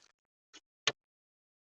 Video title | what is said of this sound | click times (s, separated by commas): How to Replace a Tail Light Assembly on a 2012 - 2014 Ford Focus (Turn Signal and Brake Light) | Once it goes in, turn clockwise, and it's locked in place. | 0.9 s